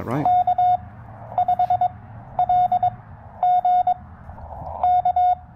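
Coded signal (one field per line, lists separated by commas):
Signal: Morse code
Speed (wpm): 20 wpm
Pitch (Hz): 690 Hz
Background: speech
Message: K 5 L G K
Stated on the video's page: QRP Parks on the Air activation with a TR-45L transceiver.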